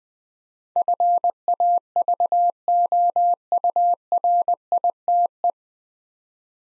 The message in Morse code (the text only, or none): FAVOURITE